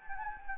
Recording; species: mosquito wingbeat signal from an infrared sensor; Anopheles gambiae